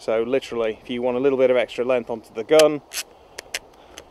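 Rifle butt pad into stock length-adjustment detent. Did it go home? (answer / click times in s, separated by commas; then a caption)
yes / 3.5 s. Someone talks while the adjustable butt pad of a rifle stock is slid out by hand, with no tools, for extra length. A few small clicks follow, and the pad seats into one of its length detents with a sharp click at 3.6 s. The lever is then dropped so the pad stays in place.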